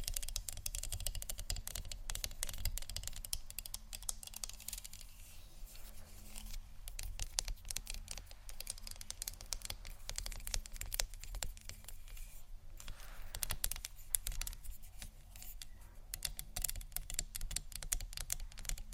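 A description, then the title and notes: Rapid, dense scratching and tapping clicks patter continuously over a steady low hum, with slightly louder bursts around five, twelve and fifteen seconds. ASMR Scratch & Tap For Your Nap（No Talking）.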